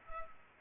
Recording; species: mosquito wingbeat signal from an infrared sensor; Culex pipiens